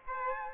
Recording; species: mosquito wingbeat signal from an infrared sensor; Aedes aegypti